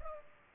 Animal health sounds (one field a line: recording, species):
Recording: mosquito wingbeat signal from an infrared sensor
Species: Culex pipiens